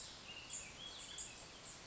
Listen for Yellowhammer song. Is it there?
no